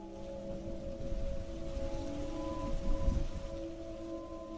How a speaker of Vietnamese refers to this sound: Mưa mỗi lúc một to hơn. Lâu lâu lại nghe tiếng sấm rền trời.